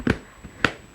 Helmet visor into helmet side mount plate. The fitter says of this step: and pop into place here. Listen for those clicks,